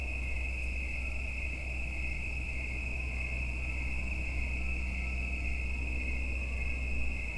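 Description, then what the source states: Insects give an unchanging high drone through the whole stretch, over a low background hum. Mating calls of insects in the evening in late summer into autumn at Watts Ranch, United States; insects that won't be alive in a week or two.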